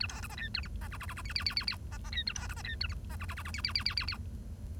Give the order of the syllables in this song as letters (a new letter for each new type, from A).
A B C D E A F D G G G G H H H H H D D E A B C D E A F D G G G G H H H H H H